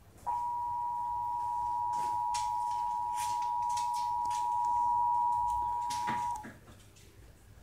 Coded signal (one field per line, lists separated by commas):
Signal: Emergency Alert System (SAME) tones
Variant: 853 and 960 Hz attention tone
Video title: EAS #5 NATIONAL PERIODIC TEST 9/28/16 KABC